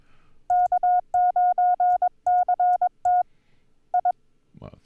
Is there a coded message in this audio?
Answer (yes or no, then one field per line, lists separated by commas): yes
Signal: Morse code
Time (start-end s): 0.5-4.1 s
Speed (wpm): 22 wpm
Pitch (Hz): 720 Hz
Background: speech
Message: K9CT I